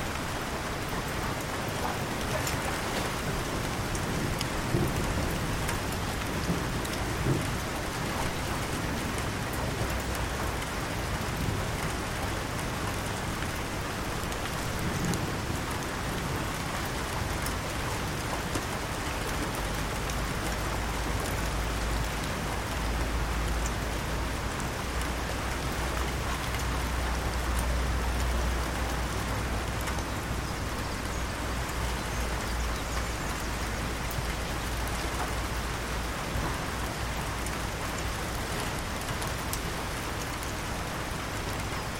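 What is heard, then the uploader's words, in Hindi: Light rain falls steadily onto a calm canal's water in a dense, even patter, with a low rumble joining midway through. नदी पर बूँदें. हलकी बूँदें एक शांत कैनाल की सतह को चुमती हैं.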